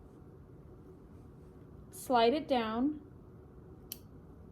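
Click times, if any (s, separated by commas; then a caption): 3.9 s. A steel surgical blade, lined up with the grooves of a scalpel knife handle, is slid down the handle with a needle driver while someone talks. A single sharp click at 3.9 s marks the blade snapping into place, seated and locked on the handle.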